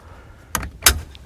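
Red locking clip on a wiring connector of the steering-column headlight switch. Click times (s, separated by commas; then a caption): 0.6 s, 0.9 s. The red locking clip on a wiring connector of the steering-column headlight switch assembly on a 2014-2018 Toyota Tundra is worked during an automatic headlight install. Two sharp snaps ring out at 0.6 s and 0.9 s, with the second one louder, followed by a few faint ticks. The clip clicks into place and the connector is seated.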